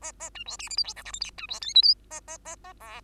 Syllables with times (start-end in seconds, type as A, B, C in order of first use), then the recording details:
0.01-0.12 A, 0.20-0.29 A, 0.34-0.44 B, 0.46-0.57 C, 0.59-0.69 D, 0.70-0.76 E, 0.77-0.83 F, 0.84-0.93 G, 0.96-1.03 H, 1.05-1.12 I, 1.13-1.20 J, 1.20-1.31 K, 1.37-1.47 B, 1.48-1.60 C, 1.61-1.74 L, 1.74-1.82 M, 1.82-1.95 N, 2.10-2.20 A, 2.27-2.38 A, 2.45-2.56 A, 2.64-2.73 A, 2.80-3.01 O. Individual Bird2